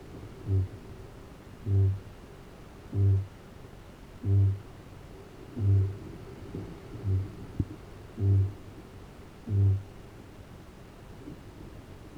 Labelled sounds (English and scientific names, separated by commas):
Kākāpō (Strigops habroptilus) boom